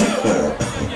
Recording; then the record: coughing mixed with background sound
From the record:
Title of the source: Spring Cold Coughing.